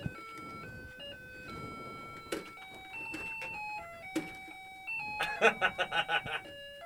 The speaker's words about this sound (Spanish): Ahí sí. Sonó la alarma del reloj.